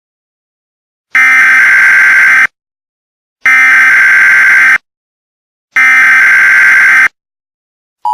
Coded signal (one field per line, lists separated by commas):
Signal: Emergency Alert System (SAME) tones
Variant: header bursts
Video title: EAS Scenario: San Diego Madness